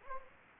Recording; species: mosquito wingbeat signal from an infrared sensor; Anopheles gambiae